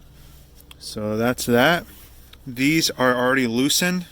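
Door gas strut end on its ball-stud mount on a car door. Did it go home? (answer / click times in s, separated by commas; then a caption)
released / 0.7 s. On a Toyota Sera butterfly door, the snapped-in end of the door gas strut is pried off its ball-stud mount from the top, giving a sharp pop as it releases at 0.7 s. Someone then talks.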